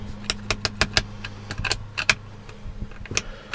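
A seat belt tongue is pushed again and again into the buckle of a BMW car seat, making a series of sharp clacks over a low steady hum, with the loudest at 0.8 and 2.1 seconds. The belt does not latch on any try; poking at the buckle with a screwdriver and spraying WD40 into it did not fix it, and nothing has latched yet.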